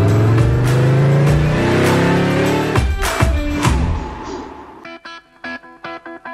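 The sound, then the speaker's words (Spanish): A loud car engine revs with its pitch climbing, then drops and breaks into a choppy, stuttering run of short pulsing bursts. No one speaks. “Levenson, la batería que arranca tu motor.”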